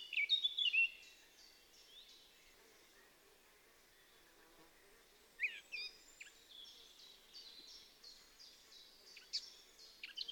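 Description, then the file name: Eurasian blackcap giving a loud burst of quick, high, descending whistled notes at the start, followed by quieter scattered chirps. "Sylvia atricapilla"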